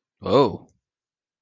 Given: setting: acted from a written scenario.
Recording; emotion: vocal sound without words; positive surprise